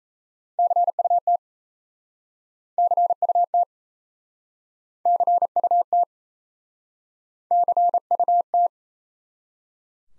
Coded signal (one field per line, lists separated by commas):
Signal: Morse code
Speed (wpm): 38 wpm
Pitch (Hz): 700 Hz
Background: none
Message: CUT CUT CUT CUT